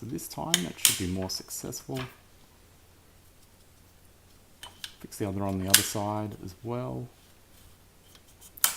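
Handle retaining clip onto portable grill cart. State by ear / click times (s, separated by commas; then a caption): seated / 8.6 s. A plastic retaining clip holding the handle of a Weber portable grill cart, used with a Weber Q1000, is slid down onto the cart while someone talks. It gives a sharp click at 8.6 s as it seats and holds the handle in place.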